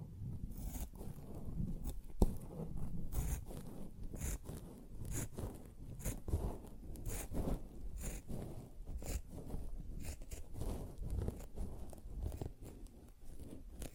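A sponge is scratched and squished in quick, uneven strokes, with rasping bursts every half second or so and a sharp snap near two seconds.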